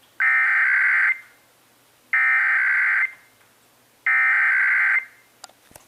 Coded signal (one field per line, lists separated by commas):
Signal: Emergency Alert System (SAME) tones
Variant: header bursts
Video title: (EAS #1,018-1,024) April 2026 Texas Required Monthly Test